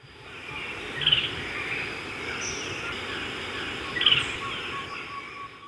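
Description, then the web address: Rufous-winged antwren calls: two brief, sharp, slightly descending high notes about three seconds apart, with a constant insect buzz beneath. Recorded in Ecuador. "Natures Songs S America Birds of Ecuador Rufous-winged Antwren"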